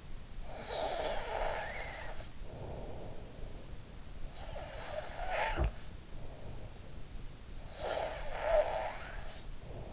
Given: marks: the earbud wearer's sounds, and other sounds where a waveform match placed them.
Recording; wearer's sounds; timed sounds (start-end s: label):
sounds in sleep by an in-ear microphone; snoring breath
0.00-2.57 s: snoring breath
4.00-6.34 s: snoring breath
7.14-9.60 s: snoring breath